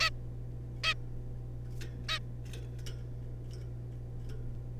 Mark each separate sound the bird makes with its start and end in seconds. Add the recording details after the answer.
0.01-0.10, 0.84-0.94, 2.09-2.19. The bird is a juvenile. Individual R3549